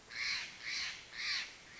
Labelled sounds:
Steller's Jay (Cyanocitta stelleri)
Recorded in Sonoma County, California

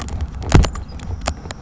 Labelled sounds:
Savannah Sparrow (Passerculus sandwichensis)
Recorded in Sonoma County, California

